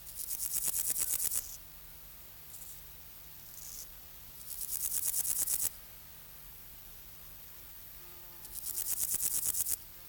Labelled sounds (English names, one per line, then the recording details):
Meadow Grasshopper stridulation
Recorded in the wild
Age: imago
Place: Treuchtlingen, Heumöderntal, Bayern, DE
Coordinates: 48.96, 10.91
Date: 1993-09-02 13:49
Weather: sonnig 18.8°C
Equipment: Marantz CP 430, Sennheiser MKH 416 T, Kopie Uher Variocord 263
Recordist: Tembrock, Günter